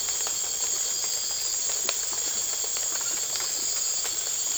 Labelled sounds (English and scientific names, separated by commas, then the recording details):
none
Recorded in secondary vegetation near Puerto Asís, Putumayo, Colombia, on 8 March 2025 at 03:30
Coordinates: 0.488, -76.319
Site G095